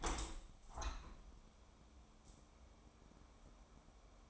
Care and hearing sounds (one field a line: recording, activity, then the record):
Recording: daily activity, microphone in the room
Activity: open window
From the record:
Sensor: 1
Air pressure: 1000.4 hPa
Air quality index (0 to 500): 184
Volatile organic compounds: 4 ppm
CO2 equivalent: 1698 ppm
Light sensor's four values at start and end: 10/24/10/11 and 10/25/10/12